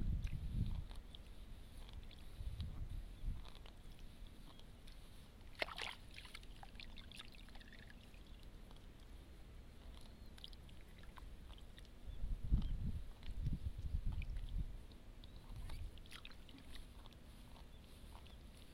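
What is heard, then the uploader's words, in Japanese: Rice seedlings are pulled from a flooded nursery bed and bundled with straw. Soft rustling and small ticks run throughout, with low, muddy sloshing thumps near the start and again around 12 to 15 seconds, and a brief crackling rustle near 6 seconds. 水苗代でイネの苗取り。水苗代で、イネの苗とりしています。苗を１本ずつ抜いて、まとめてワラで束にして、、束をたくさん作っていきます。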